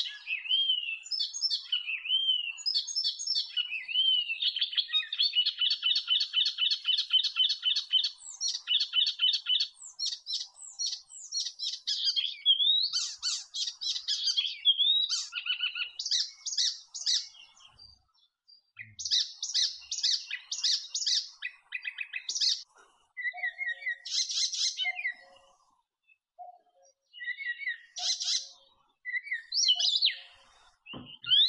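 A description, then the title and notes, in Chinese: A marsh warbler sings a fast, varied stream of bright chirps, trills and whistles, nearly continuous early, then broken into bursts later. 绿篱莺的叫声。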